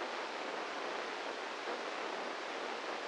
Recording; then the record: brain microelectrode recording played as sound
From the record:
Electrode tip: inside the subthalamic nucleus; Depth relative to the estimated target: -2 mm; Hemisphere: right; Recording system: NeuroSet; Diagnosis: Parkinson's disease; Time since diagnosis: 8 years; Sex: male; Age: 58 years